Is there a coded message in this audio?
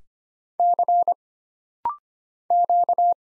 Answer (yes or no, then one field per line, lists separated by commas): yes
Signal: Morse code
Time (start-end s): 0.6-3.1 s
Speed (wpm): 25 wpm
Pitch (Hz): 700 Hz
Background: none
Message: C Q